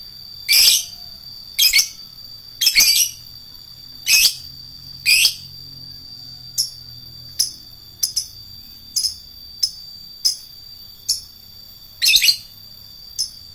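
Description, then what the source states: Lovebird giving several loud, shrill screeches, then a run of softer, clipped high chirps at about one per second, and a final loud screech, with a steady high whine throughout. Adult fighter lovebird.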